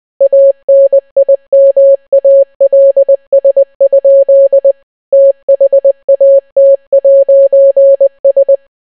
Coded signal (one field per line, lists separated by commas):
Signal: Morse code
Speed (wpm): 20 wpm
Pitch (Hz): 550 Hz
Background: none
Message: ANIMALS? THAT'S